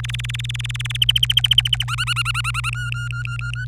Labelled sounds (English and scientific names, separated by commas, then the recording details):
Domestic Canary (Serinus canaria) song
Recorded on 25 April 2018 at 16:42
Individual llb3